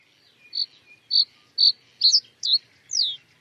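Bird calls: three short, steady high notes about half a second apart, then two quick warbled notes and a sweeping downslurred note.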